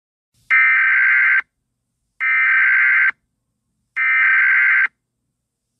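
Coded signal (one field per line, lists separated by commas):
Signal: Emergency Alert System (SAME) tones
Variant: header bursts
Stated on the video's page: Fictional EAS scenario, not a real alert.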